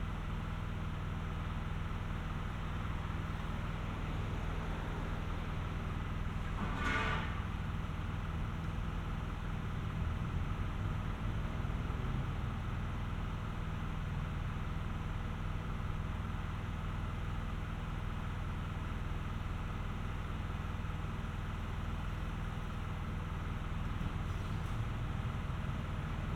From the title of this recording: Pothole Repairs, Dragon Road